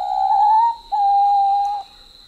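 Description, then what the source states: Papuan pitta call of two sustained mellow whistles, the first gently rising, the second level and long, over a faint steady high-pitched background tone. Papua New Guinea.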